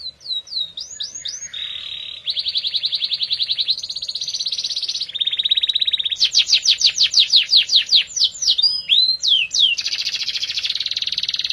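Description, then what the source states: Canary singing a varied song of swept whistles, several rapid buzzy trills at different pitches, and a final rolling trill. Domestic canary, F1 bird; used as therapy to prompt a canary that has stopped singing (Indonesian: kenari macet).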